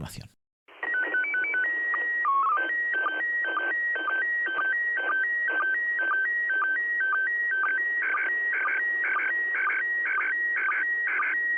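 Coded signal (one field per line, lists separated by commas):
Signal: SSTV (slow-scan television)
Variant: PD 120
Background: speech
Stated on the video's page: SSTV heard as an example sound of amateur radio digital modes, played so listeners can recognise it on the bands.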